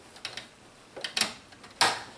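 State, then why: Seated. An embroidery hoop holding a Vera Bradley bag is slid onto the embroidery arm of a Brother Persona PRS100 sewing machine and pushed until it snaps in. A series of small, sharp plastic ticks and clicks is heard, ending in the loudest snap. The hoop seats with clicks at 0.3 s and 1.8 s.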